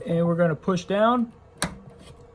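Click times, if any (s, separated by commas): 1.6 s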